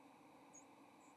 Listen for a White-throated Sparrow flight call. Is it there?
no